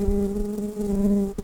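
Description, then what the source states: Brown-banded carder bee buzzing, a steady droning hum with strong harmonic tones held throughout, ending in a brief click near the close. Workers.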